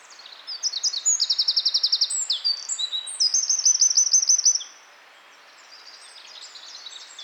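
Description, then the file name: Eurasian wren bursting into a shrill, rapid song of trills and sharp notes lasting about four seconds, followed by quieter scattered high notes. "Troglodytes troglodytes"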